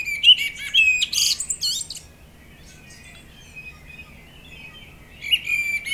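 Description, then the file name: Common blackbird song: an opening burst of whistles and high twitters for two seconds, a long quiet stretch, then another phrase begins. "Turdus merula"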